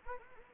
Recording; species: mosquito wingbeat signal from an infrared sensor; Anopheles arabiensis